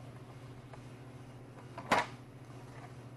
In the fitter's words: just snaps into place these